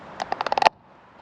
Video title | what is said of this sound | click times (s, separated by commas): DIY Sprinter Oil Change | That's it. That's in place. You have to hear that click. | 0.7 s